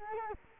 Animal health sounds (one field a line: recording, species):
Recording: mosquito wingbeat signal from an infrared sensor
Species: Culex quinquefasciatus